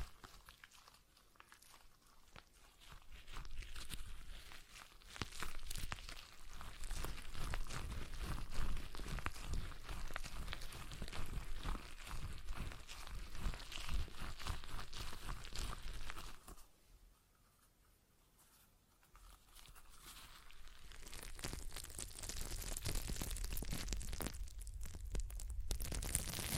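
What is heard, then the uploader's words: A stress ball being squeezed and released, giving dense, crackling squishes and crunchy rustles that run nearly continuously. The handling starts quiet, builds around five seconds, drops to near silence between about sixteen and nineteen seconds, then resumes with brighter, hissier squeezing to the end. ASMR Relaxing Stress Ball Sounds (No Talking).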